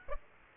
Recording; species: mosquito wingbeat signal from an infrared sensor; Aedes aegypti